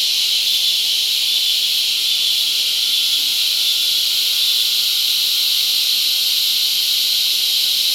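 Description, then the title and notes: Cicada chorus forming a continuous, even, shrill buzz with no pauses, a faint steady whine lying under the dense hiss. Cicadas mating; La Convención, Peru. "Apareamiento De Cigarras La Convención Peru by Alejandro Cornejo Montibeller"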